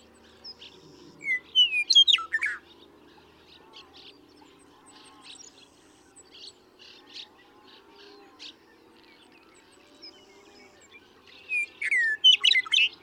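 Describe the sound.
Western meadowlark song, two rich fluty phrases of slurred whistles about ten seconds apart, with faint chirps and soft pulsed trills filling the gap.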